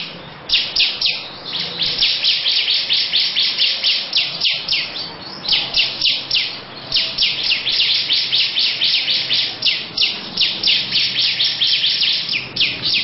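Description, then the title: Lovebird chattering song: long, fast sequences of harsh high chirps, nearly four a second, sustained through the recording. Long "ngekek panjang" song style. "Audio Lovebird Ngekek Panjang Ciblek"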